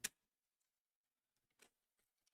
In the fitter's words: Two satisfying clicks. Lovely.